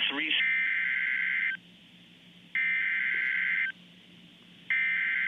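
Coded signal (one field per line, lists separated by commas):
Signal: Emergency Alert System (SAME) tones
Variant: header bursts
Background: speech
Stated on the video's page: Severe thunderstorm warning from NOAA Weather Radio station.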